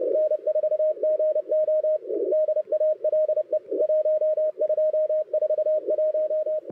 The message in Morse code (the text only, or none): N4GO DALE 1241